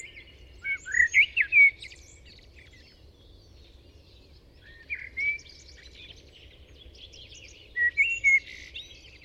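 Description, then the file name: Common blackbird song in three spaced phrases, each a short mellow fluted warble topped by high squeaky twitters, separated by quiet gaps of a few seconds. "Turdus merula"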